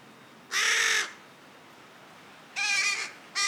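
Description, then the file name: Carrion crow uttering harsh, nasal caws: one long rasping call, a pause of well over a second, then two more caws. "Corvus corone"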